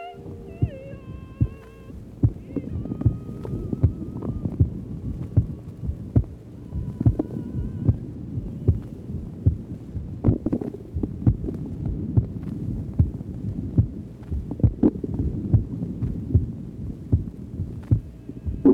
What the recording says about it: The first tracing is taken from the apex of the heart. Since it is late in the afternoon and this patient is hungry, you can also hear the bowel sounds in this tracing.